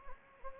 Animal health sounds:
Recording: mosquito wingbeat signal from an infrared sensor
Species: Anopheles gambiae

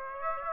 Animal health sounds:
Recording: mosquito wingbeat signal from an infrared sensor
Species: Aedes aegypti

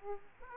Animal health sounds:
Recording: mosquito wingbeat signal from an infrared sensor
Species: Aedes aegypti

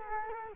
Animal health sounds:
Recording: mosquito wingbeat signal from an infrared sensor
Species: Culex quinquefasciatus

